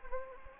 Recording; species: mosquito wingbeat signal from an infrared sensor; Anopheles gambiae